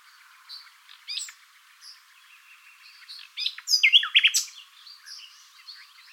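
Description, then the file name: Common nightingale song: mostly soft scattered chirps, then one loud phrase of rapid whistled and rattling notes in the second half. "Luscinia megarhynchos"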